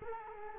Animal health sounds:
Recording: mosquito wingbeat signal from an infrared sensor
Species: Culex quinquefasciatus

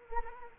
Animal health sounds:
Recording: mosquito wingbeat signal from an infrared sensor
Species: Anopheles gambiae

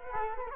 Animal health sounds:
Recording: mosquito wingbeat signal from an infrared sensor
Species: Culex quinquefasciatus

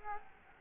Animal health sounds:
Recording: mosquito wingbeat signal from an infrared sensor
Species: Culex quinquefasciatus

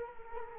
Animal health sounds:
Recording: mosquito wingbeat signal from an infrared sensor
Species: Culex quinquefasciatus

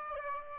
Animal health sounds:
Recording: mosquito wingbeat signal from an infrared sensor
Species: Aedes aegypti

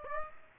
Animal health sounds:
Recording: mosquito wingbeat signal from an infrared sensor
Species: Aedes aegypti

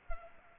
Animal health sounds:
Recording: mosquito wingbeat signal from an infrared sensor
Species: Culex pipiens

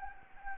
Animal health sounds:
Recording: mosquito wingbeat signal from an infrared sensor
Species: Anopheles gambiae

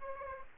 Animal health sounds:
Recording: mosquito wingbeat signal from an infrared sensor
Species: Aedes aegypti

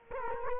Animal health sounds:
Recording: mosquito wingbeat signal from an infrared sensor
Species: Culex quinquefasciatus

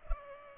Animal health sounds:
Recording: mosquito wingbeat signal from an infrared sensor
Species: Culex pipiens

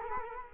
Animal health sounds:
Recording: mosquito wingbeat signal from an infrared sensor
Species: Culex quinquefasciatus

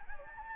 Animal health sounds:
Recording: mosquito wingbeat signal from an infrared sensor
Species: Anopheles gambiae

